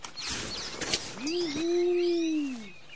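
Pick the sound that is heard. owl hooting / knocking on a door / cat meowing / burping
owl hooting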